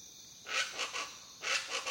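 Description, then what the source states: Jungle birds calling in harsh, noisy squawks, two bursts of three or four notes over a steady high hum. Jungle birds, described as crazy.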